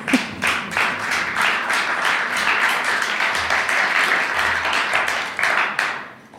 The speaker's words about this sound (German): Es darf jederzeit übrigens geklatscht werden.